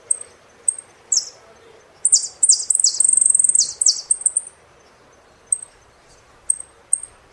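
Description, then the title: Saffron finch song: isolated high chirps, then a series of slurred notes and a rapid trill, then more spaced chirps. "Jilguero Argentino"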